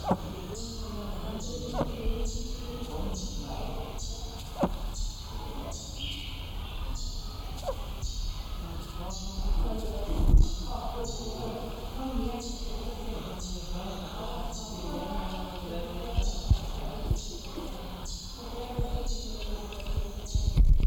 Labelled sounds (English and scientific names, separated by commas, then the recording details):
Nocturnal Curassow (Nothocrax urumutum) call
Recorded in captivity
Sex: diverse
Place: Zoo Berlin, Berlin, DE
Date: 1996-01-06 15:00
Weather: bedeckt, -4°C
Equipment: Sony WM-D6C, Sennheiser ME 80, Kopie Uher 4000 Report Monitor
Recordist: Tembrock, Günter